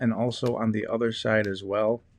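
A replacement headband pad cushion for Bose QC35 / QC35 II headphones is being handled as it is fitted onto the plastic headband frame, to be squeezed on all the way around until its clips snap into place. In this clip, someone talks throughout and no clicks are heard. Nothing has seated or clicked yet.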